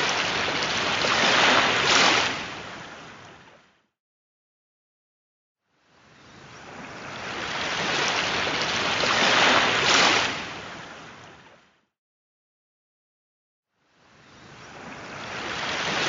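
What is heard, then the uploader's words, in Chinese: Sea waves wash in as rhythmic surges about every eight seconds, each swelling to a loud, hissing rush and then fading out. Between surges there are stretches of complete silence, so the surf sounds cut apart rather than continuous, with a bright spray over a low rumble. 耳根圆通 I 海潮音。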